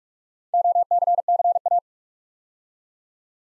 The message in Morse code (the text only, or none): OCCA